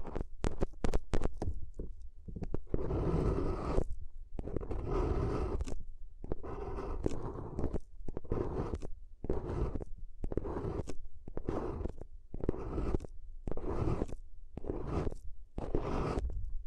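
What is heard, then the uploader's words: ASMR paper sounds: a quick flurry of sharp crinkles in the first couple of seconds, then a steady rhythm of rustling, scraping strokes about once a second. Each stroke is crisp and full, with brief pauses between them and a low rumble underneath. ASMR If You Had Paper Ears (No Talking).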